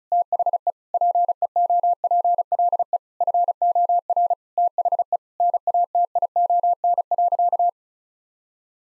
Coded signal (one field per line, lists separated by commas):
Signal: Morse code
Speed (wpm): 36 wpm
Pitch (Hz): 700 Hz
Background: none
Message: THE PEOPLE FOR THE NATION.